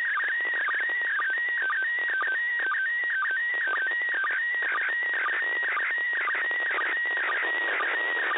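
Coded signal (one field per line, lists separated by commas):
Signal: SSTV (slow-scan television)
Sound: warbling tone shifting between two pitches with regular short dips, broken by static crackles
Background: radio static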